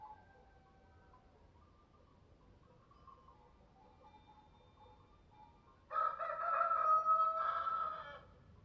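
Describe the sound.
Rooster crowing once near the end, a loud harsh drawn-out crow after several seconds of low background noise.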